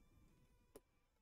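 With its notch aligned, a second memory module is pressed down on one side into a motherboard DIMM slot, and a single sharp click at 0.8 s marks that side's latch snapping shut over a faint steady background hum. Only the first side has latched; the other side is still to go.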